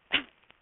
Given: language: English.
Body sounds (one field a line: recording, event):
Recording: throat vibration sensor signal played as sound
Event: cough